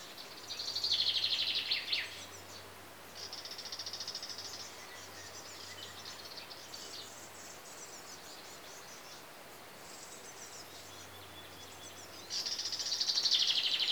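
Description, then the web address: Common chaffinch singing loud, bright trilled phrases, each lasting a second or two, with quieter chirping between them. Chaffinches recorded in Greece, with insects audible. "BBC Sound Effects Library. Greece. Birds (Chaffinches) And Insects"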